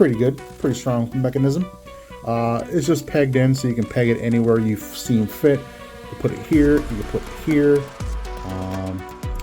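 A plastic weapon accessory is handled beside the peg socket on a 40th Anniversary Voltron Yellow Lion toy while someone talks over background music. A couple of brief plastic taps come near the end, but the accessory has not seated or clicked into place yet.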